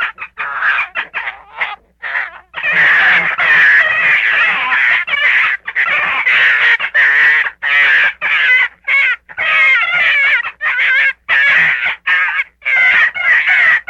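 Gray fox making long runs of excited, wavering whines and yelps, a few softer calls first, then almost unbroken chattering vocalizing.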